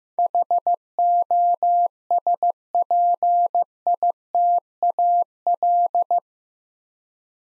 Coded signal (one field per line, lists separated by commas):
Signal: Morse code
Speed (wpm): 15 wpm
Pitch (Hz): 700 Hz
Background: none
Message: HOSPITAL